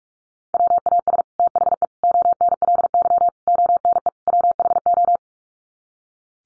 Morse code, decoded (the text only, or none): WAS THE ONLY ONE WHO